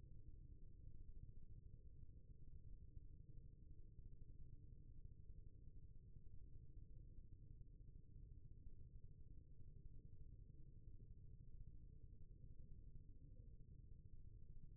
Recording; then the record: forearm muscle sounds (acoustic myography)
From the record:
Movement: rest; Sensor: system 1, eight BSWA MPA416 microphones around the upper forearm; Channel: 1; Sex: male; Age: 23 years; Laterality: right